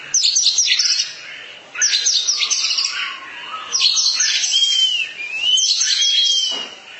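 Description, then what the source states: Oriental magpie-robin song: rapid scratchy trills in bursts, followed by long pure whistles that slide down, then rise again. Long-duration song.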